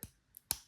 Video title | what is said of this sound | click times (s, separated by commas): Building the LEGO® Orchid | that kind of snaps into place, and so, | 0.5 s